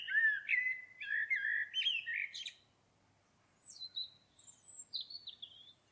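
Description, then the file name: Common blackbird singing a long, low, mellow fluted phrase, then a series of thin high sliding whistles after a short pause. "Turdus merula"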